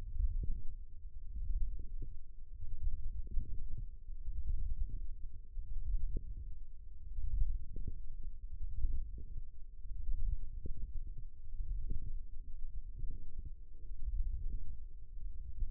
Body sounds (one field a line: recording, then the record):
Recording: forearm muscle sounds (acoustic myography)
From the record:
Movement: radial deviation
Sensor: system 1, eight BSWA MPA416 microphones around the upper forearm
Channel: 3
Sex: female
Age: 21 years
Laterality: right